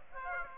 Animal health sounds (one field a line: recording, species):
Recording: mosquito wingbeat signal from an infrared sensor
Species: Aedes aegypti